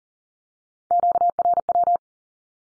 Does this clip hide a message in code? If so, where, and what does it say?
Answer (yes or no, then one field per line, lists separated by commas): yes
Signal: Morse code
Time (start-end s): 0.9-2.0 s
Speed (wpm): 40 wpm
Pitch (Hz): 700 Hz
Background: none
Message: QRW